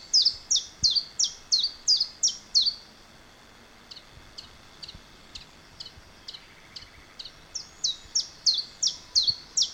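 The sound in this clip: Common chiffchaff singing loud, high, repeated notes in steady rhythm, softer notes through the middle, then loud again.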